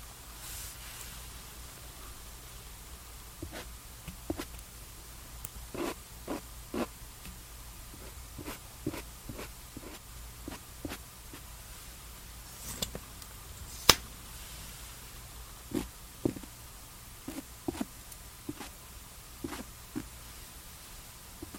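Skincare and makeup sounds: short, crisp taps and clicks land irregularly, about one every second, with a sharp louder snap near the fourteen-second mark. Underneath, a steady low hum and soft hiss run unchanged throughout.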